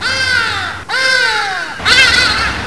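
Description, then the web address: Hadeda ibis calling: three loud, harsh, nasal 'haa' notes with rich harmonics, each about a second long. "hadeda"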